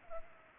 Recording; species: mosquito wingbeat signal from an infrared sensor; Culex pipiens